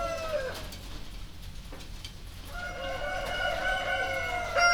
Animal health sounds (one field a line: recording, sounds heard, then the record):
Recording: poultry house recording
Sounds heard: healthy chickens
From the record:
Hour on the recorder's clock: 2